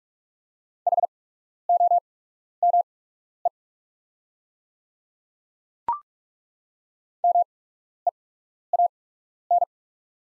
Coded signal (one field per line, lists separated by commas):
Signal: Morse code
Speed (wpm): 43 wpm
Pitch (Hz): 700 Hz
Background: none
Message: HOME MEAN